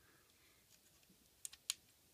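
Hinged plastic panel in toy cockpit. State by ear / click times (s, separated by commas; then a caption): seated / 1.4 s, 1.7 s. A hinged plastic panel inside the cockpit of a Transformers Generations Brainstorm toy is pushed down so it flips closed, then pushed back up to form a seat. Over a quiet background, sharp plastic clicks land at about 1.5 and 1.7 seconds, with a softer tick just after the first. The panel seats as a seat.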